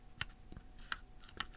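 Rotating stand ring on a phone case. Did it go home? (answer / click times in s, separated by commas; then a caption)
yes / 0.2 s, 0.9 s, 1.4 s. The plastic rotating stand ring on the back of a Torras Ostand iPhone case is pulled down and rotated until it clicks into a detent position. Three sharp, bright clicks sound at 0.2, 0.9 and 1.4 seconds, with fainter ticks and rubbing between them. The stand seats firmly in place.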